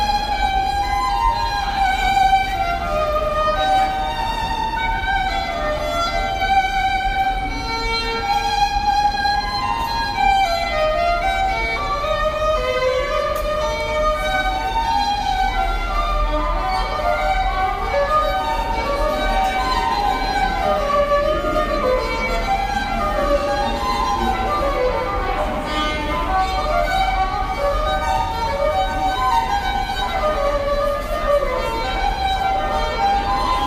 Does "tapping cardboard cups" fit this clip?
no